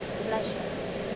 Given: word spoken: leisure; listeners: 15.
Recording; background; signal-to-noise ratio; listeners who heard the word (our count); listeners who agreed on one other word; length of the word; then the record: one English word in noise, from a listening test; speech-shaped noise; -4.1 dB; 5 of 15; 10 of 15; 0.76 s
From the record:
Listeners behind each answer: 10, 5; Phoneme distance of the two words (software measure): 7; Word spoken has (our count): 2 syllables, 4 phonemes, stress on syllable 1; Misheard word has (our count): 2 syllables, 5 phonemes, stress on syllable 1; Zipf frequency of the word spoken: 3.91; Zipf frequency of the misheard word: 4.66